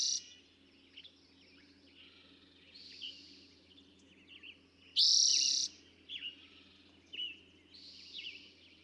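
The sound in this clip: Eastern towhee song: a loud, bright trill opens and returns about five seconds later, with soft chirps in between.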